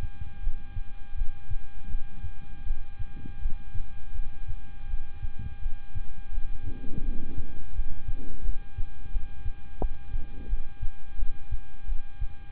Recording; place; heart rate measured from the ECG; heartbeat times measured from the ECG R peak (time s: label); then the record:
heart sounds by stethoscope; between the tricuspid and mitral areas; 84 bpm
0.40 s: heartbeat
1.15 s: heartbeat
1.88 s: heartbeat
2.64 s: heartbeat
3.39 s: heartbeat
4.12 s: heartbeat
4.87 s: heartbeat
5.59 s: heartbeat
6.31 s: heartbeat
7.02 s: heartbeat
7.73 s: heartbeat
8.42 s: heartbeat
9.10 s: heartbeat
9.78 s: heartbeat
10.47 s: heartbeat
11.16 s: heartbeat
11.86 s: heartbeat
From the record:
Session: rest, lying down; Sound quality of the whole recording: good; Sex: male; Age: 26 years